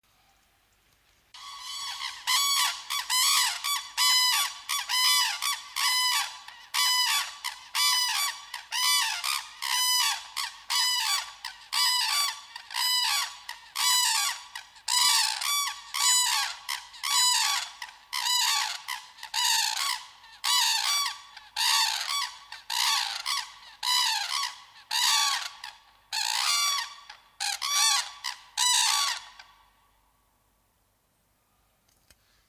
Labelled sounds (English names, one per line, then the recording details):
Red-crowned Crane call
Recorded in captivity
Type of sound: call
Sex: pair
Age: adult
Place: Tiergarten Nürnberg, Bayern, DE
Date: 1998-11-13
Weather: bedeckt, ca. 2 bis 3°C
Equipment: Sony MD-WM MZ-R3, Sennheiser MKH 416 T, Kopie Uher 4000 Report Monitor
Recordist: Tembrock, Günter
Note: Paar: langes Duett (Erregungsrufe) (am Gitter)